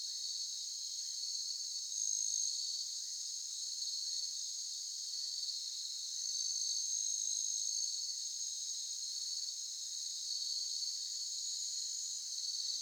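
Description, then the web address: Cricket chorus: an unbroken, high-pitched, buzzy drone that holds steady throughout, with a thin whistled tone appearing briefly twice. Evening jungle ambience in Vietnam, with a distant bird. "justsoundeffects - Crickets and Cicadas"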